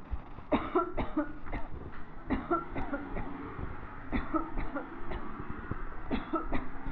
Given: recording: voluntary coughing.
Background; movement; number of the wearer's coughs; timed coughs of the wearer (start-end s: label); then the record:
traffic; walking; 11
0.49-0.88 s: cough
0.95-1.40 s: cough
1.50-1.78 s: cough
2.28-2.67 s: cough
2.67-3.05 s: cough
3.14-3.36 s: cough
4.10-4.44 s: cough
4.44-4.94 s: cough
5.08-5.33 s: cough
6.08-6.44 s: cough
6.50-6.74 s: cough
From the record:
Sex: female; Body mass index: 22.6 kg/m2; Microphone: on the chest, facing the body